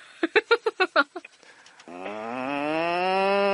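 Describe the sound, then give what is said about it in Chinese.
A man's voice imitates a cow, holding a long, low, droning moo that rises slightly in pitch, preceded by a quick run of six short, punchy vocal bursts. “这是刘德华学牛叫。”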